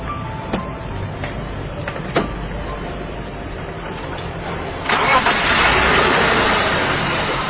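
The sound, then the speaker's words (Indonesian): A few sharp mechanical clicks over a low rumble, then a car engine, being tried out, turns over and catches, settling into a loud, steady, even running hum that continues to the end. “Kalau mesin tiap hari saya rawat, Bos. Bener, Bos? Bagus kan suaranya bersih kan, Bos?”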